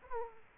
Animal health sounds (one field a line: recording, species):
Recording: mosquito wingbeat signal from an infrared sensor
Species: Aedes aegypti